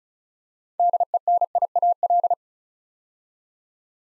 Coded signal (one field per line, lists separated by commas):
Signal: Morse code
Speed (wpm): 36 wpm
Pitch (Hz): 700 Hz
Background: none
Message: DENIAL